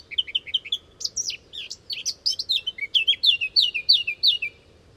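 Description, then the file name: Eurasian blackcap song: a run of short chirpy notes that gives way to a quick varied warble, then a string of repeated bright downslurred phrases. "Sylvia atricapilla"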